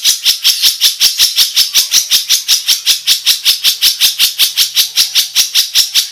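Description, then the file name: Long-tailed Shrike giving a rapid series of harsh, high, chattering notes, steady and evenly spaced throughout. "suara cendet"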